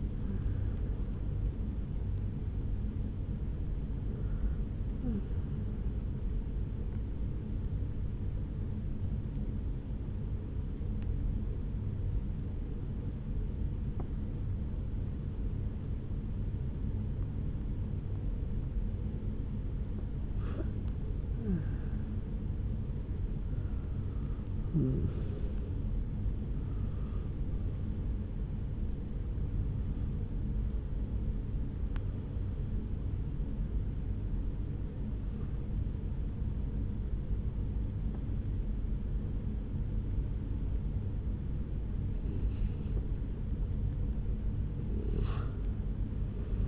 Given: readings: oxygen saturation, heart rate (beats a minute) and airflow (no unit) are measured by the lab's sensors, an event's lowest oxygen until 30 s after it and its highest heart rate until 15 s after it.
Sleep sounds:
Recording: breathing in sleep by a smartphone at the bedside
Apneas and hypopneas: 1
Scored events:
13.00-39.00 s: hypopnea (N1, oxygen 98% highest, then 90% lowest, heart rate 62 at the start, 71 highest)
From the record:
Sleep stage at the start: N1 (lightest sleep)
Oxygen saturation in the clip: 86 to 98%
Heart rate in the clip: 61 to 82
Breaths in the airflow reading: 11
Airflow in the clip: -5.2 to 4.3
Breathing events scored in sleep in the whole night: 449 in 7.0 hours asleep

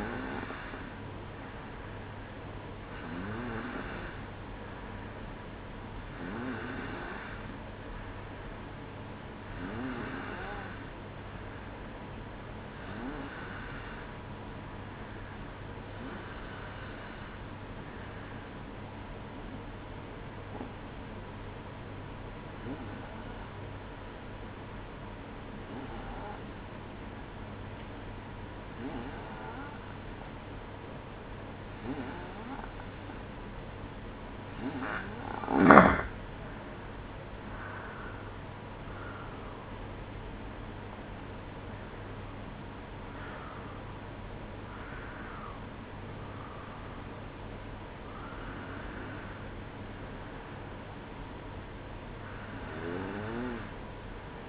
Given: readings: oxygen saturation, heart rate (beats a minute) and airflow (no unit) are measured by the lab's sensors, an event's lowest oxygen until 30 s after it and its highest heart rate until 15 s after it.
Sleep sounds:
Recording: breathing in sleep by a voice recorder at the bedside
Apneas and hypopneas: 1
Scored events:
13.00-35.00 s: hypopnea (N2, oxygen 94% highest, then 91% lowest, heart rate 60 at the start, 67 highest)
42.00-54.49 s: new sleep stage, N1 (lightest sleep)
From the record:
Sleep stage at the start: N2 (light sleep)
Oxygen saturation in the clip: 91 to 94%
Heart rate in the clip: 57 to 67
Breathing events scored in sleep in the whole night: 305 in 9.6 hours asleep

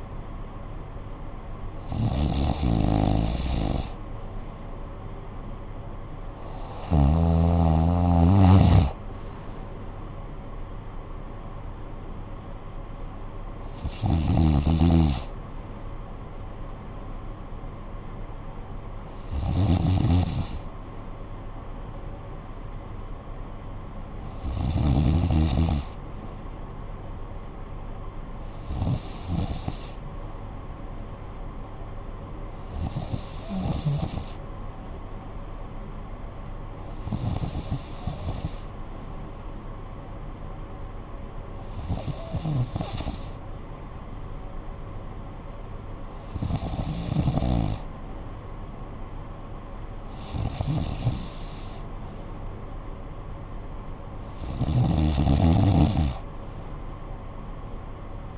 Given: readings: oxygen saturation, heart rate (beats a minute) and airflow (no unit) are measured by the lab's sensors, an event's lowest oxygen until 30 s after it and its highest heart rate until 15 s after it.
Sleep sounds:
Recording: breathing in sleep by a smartphone at the bedside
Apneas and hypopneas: none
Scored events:
28.00-58.38 s: new sleep stage, N3 (deep sleep)
From the record:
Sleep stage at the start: N2 (light sleep)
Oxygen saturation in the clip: 94 to 95%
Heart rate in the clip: 54 to 72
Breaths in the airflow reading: 13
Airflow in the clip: -13.0 to 8.1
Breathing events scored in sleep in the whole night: 445 in 7.6 hours asleep

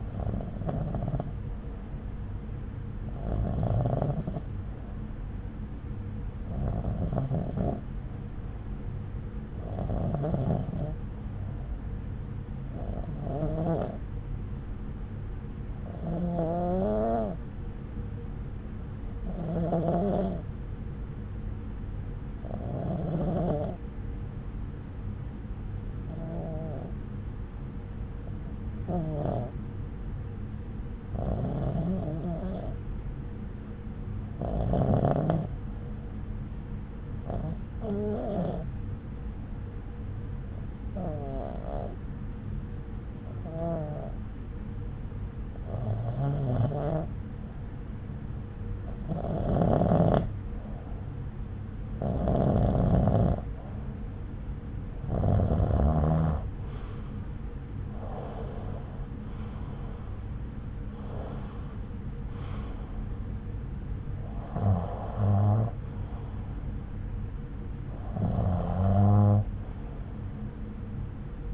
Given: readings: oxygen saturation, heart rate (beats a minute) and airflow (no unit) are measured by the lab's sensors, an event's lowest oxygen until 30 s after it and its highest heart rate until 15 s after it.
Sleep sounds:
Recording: breathing in sleep by a smartphone at the bedside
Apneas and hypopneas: none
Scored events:
none scored
From the record:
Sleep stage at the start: REM sleep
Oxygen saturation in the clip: 91 to 93%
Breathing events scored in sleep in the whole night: 303 in 8.1 hours asleep

